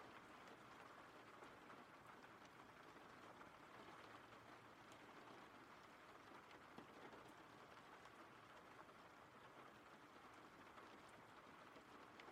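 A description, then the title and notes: Rain falls in a steady, dense hiss with countless tiny patters and a faint low hum underneath, unchanging throughout. RAIN SOUNDS.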